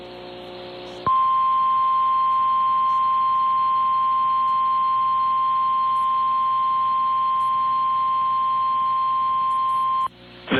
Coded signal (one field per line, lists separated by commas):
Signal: Emergency Alert System (SAME) tones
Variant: 1050 Hz attention tone